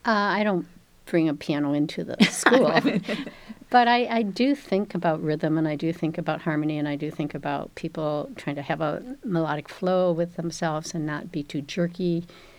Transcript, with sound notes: I don't bring a piano into the school [LAUGHTER] but I do think about rhythm and I do think about harmony, and I do think about people trying to have a melodic flow with themselves and not be too jerky.